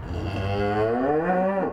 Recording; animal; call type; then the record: contact call of a hoofed animal; cattle; low-frequency (closed-mouth) or high-frequency (open-mouth) call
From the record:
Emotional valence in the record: negative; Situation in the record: full separation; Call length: 1.72 s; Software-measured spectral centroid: 1080 Hz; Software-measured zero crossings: 1170 a second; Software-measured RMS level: -24 dBFS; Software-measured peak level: -12 dBFS